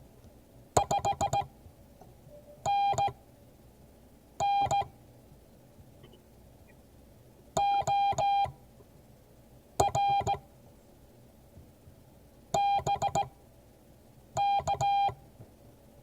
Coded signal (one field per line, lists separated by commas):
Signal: Morse code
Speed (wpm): 16 wpm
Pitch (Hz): 800 Hz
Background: none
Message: 5NN OR BK